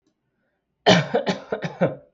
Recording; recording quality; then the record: shallow voluntary cough; excellent, no background noise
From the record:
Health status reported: healthy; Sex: male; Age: 25 years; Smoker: yes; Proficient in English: yes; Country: Canada